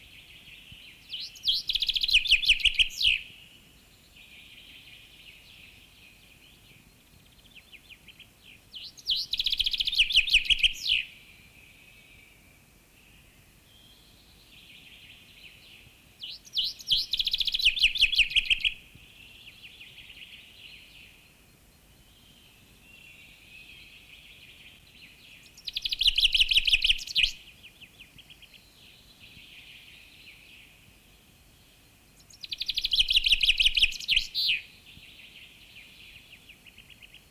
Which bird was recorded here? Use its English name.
Common Chaffinch